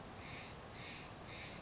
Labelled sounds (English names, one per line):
Steller's Jay